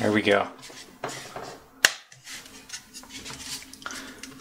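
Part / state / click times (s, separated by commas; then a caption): laptop palm rest into laptop base chassis / seated / 1.9 s. Someone talks while a replacement plastic palm rest is placed on the base chassis of a Lenovo ThinkPad X220T laptop and pressed down so its retaining clips snap in. A sharp click sounds at 1.9 s amid softer handling noises, and the palm rest is seated on the laptop.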